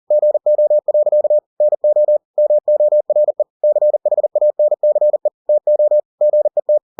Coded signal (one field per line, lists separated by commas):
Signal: Morse code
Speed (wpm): 40 wpm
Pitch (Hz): 600 Hz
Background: none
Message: GO. NO MORE CHANCE TO GET